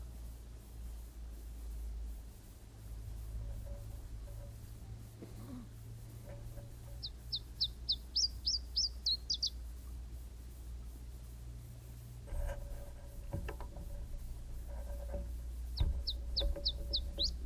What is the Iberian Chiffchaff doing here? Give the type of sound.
song